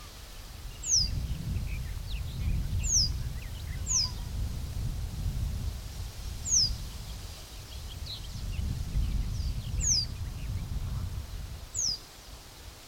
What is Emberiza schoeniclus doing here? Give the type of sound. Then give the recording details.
call. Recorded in the wild. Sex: male. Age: adult. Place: Blankenfelde, Berlin, DE. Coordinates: 52.625, 13.404. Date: 1992-05-28 10:34. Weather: sonnig, 20-24 °C, böiger Ost-Wind. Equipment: Nagra SN, Mikrofon AKG CK 8, Kopie Tesla B 116. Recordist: Tembrock, Günter